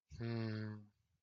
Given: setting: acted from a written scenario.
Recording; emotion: vocal sound without words; sympathy